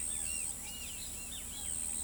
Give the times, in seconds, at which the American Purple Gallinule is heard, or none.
none